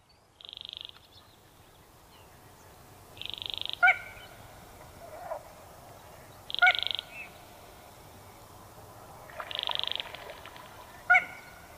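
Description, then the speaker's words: Little Crake giving short buzzy rattles, four bursts spaced about three seconds apart, with a few sharp clicks, over a low background hiss. Rattle heard as 'prrr, prrr', frog-like but not a frog; extremely rare, very small crake; recorded some years ago between Buinen and Exlo. "Nou, dat prrr, prrr, wat je hoort, hè? Ja. Dat is een soort rateltje. En dat je denkt aan een kikker, maar dat is het niet."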